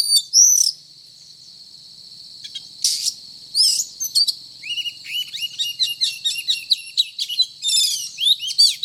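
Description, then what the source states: Oriental magpie-robin: a loud opening call, a pause, then a continuous sequence of chirps, slurred whistles and trills. Title calls the bird 'gacor' (Indonesian: singing often and vigorously).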